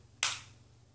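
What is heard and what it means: The plastic battery door on a Garmin Virb Elite action camera body snaps fully closed with a single sharp, bright click at 0.2 s that fades out within a few tenths of a second. A faint low hum runs underneath throughout. The door is seated and closed.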